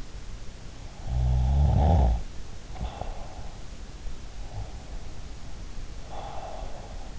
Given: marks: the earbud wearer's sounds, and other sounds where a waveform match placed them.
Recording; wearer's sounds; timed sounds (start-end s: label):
sounds in sleep by an in-ear microphone; snoring breath, breath
0.99-3.45 s: snoring breath
5.60-7.19 s: breath